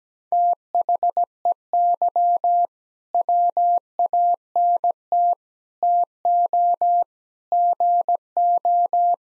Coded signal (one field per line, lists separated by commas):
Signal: Morse code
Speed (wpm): 17 wpm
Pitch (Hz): 700 Hz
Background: none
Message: THEY WANT TO GO